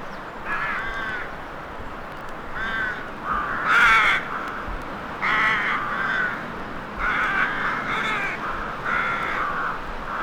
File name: graveyard atmosphere - crows horror - vinyl